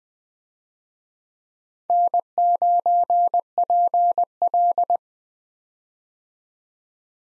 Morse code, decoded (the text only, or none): N9PL